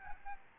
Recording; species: mosquito wingbeat signal from an infrared sensor; Aedes albopictus